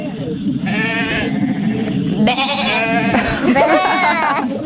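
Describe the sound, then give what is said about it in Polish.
Deep, drawn-out bleats from rams (adult male sheep), several overlapping calls with wavering harmonic tones, loud and continuous over a rumbling background of the flock. “Ale zapytajmy jeszcze dorosłe samce owcy, czyli Barany!”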